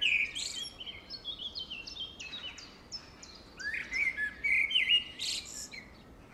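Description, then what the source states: Blackbird song with rich warbling notes that slide up and down. They run almost continuously and mix with high squeaky flourishes over a soft background hiss. Singing in deep forest.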